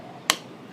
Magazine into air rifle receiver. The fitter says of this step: suara klik itu menandakan bahwa magazine sudah terpasang dengan sempurna pada tempatnya